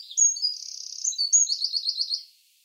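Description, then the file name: Eurasian wren song fragment: thin high notes, a buzzy run, then a quick rhythmic trill of repeated notes before fading out. "Troglodytes troglodytes"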